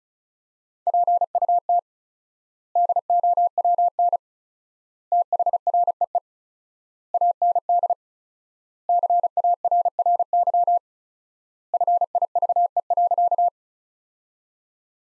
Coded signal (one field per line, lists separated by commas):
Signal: Morse code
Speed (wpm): 36 wpm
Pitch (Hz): 700 Hz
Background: none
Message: PUT DOWN THREE AND CARRY FIVE.